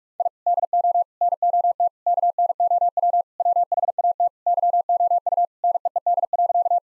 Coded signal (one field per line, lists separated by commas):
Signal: Morse code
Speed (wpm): 46 wpm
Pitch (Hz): 700 Hz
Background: none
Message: I DO NOT KNOW WHAT YOU NEED.